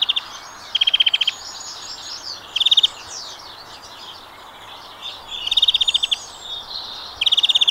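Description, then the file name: European greenfinch repeating brisk ticking trills in short bursts at irregular intervals, with fainter twittering in the background. "Chloris chloris"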